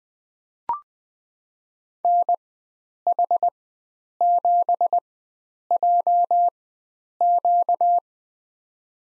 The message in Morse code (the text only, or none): NH7JQ